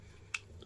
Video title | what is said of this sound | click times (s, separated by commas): Robot Mobile Stand - #unboxing #trending #capturing #videos #mobilestand #livestream #streaming | so దీన్ని ఇక్కడ insert చేసి ఇలా తిప్పేస్తే లాక్ అయిపోతుంది. | 0.3 s